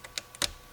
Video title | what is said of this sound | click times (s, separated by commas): KX3 2M Installation Edited 720p | and snaps into place | 0.2 s, 0.4 s